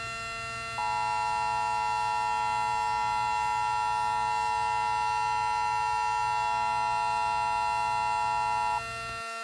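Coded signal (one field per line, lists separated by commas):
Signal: Emergency Alert System (SAME) tones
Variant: 853 and 960 Hz attention tone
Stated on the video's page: Fictional EAS scenario.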